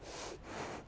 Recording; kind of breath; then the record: one breath in and out by a microphone near the nose and mouth; strong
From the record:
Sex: female